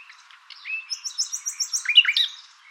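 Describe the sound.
Bird call: a brief series of evenly spaced high buzzy notes, followed by a sharp chirp and a few quieter notes.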